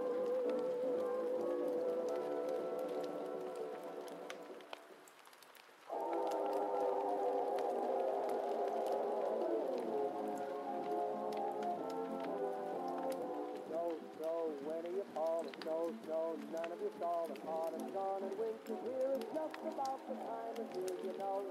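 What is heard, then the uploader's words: Heavy rain and crackling fire run under oldies music playing from another room, the tune carrying steady melodic lines and wavering vocals. The music fades out around five seconds, then returns abruptly a second later, with frequent small clicks and pops scattered throughout. Heavy Rain & Fire Crackling Sounds While Oldies Playing From Another Room.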